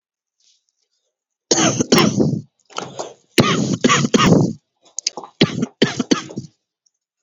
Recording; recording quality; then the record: heavy voluntary cough; excellent, no background noise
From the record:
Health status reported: healthy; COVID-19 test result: negative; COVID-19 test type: RT-PCR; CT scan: not taken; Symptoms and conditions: none ticked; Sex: male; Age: 27 years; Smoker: no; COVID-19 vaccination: both doses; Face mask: not worn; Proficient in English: yes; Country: India